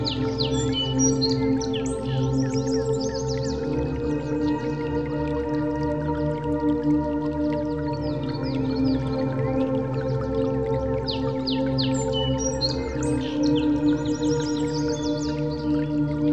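Birds chirp in the background of a nature scene, their quick bright calls clustering in bursts near the start and again after about twelve seconds. Underneath runs a steady, dense low hum with sustained ringing tones that hold level throughout.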